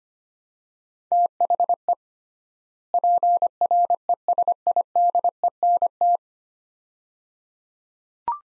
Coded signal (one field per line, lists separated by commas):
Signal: Morse code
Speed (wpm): 25 wpm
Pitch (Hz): 700 Hz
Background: none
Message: THE PRESIDENT